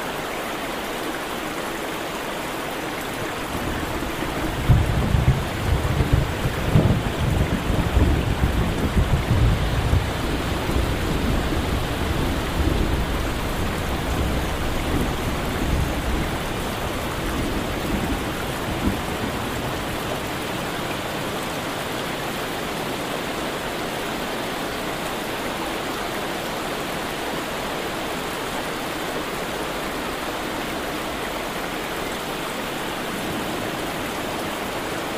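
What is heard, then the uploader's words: Steady, dense rain hisses throughout while a low, rumbling roll of distant thunder swells from about five seconds and fades by twenty. Relaxing Rain Sounds With Distant Thunder.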